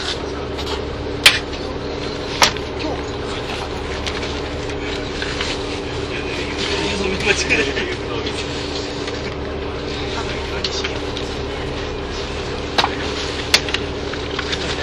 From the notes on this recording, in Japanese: 名古屋～富山